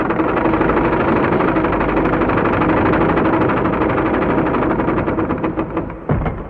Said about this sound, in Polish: rozległ się warkot mechanizmu. Zygzakowata szczelina w murze zaczęła się rozchylać, aż wreszcie obie połówki tajnych drzwi zupełnie się rozsunęły i wjechały w głębokie szczeliny w ścianach jaskini.